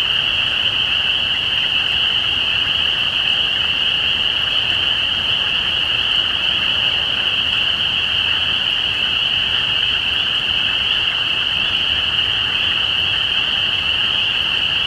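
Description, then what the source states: Spring peepers in full chorus, a persistent high whistling wall of overlapping peeps that stays level throughout. Recorded at Easter 2017.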